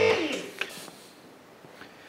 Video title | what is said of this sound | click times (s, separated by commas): Enough with jacks and axel stands, installing a 4000kg two column car lift | you hear the click that column clicked a fraction of a second earlier than that one now | 0.6 s